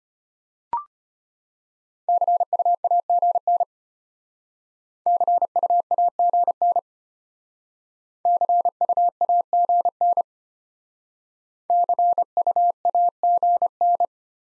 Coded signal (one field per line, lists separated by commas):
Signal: Morse code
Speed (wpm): 33 wpm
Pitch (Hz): 700 Hz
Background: none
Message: CUAGN CUAGN CUAGN CUAGN